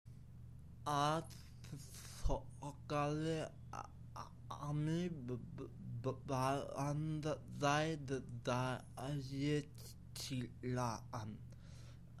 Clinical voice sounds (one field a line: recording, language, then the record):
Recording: elicited speech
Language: Bengali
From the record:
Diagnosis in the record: Broca's or global aphasia after a stroke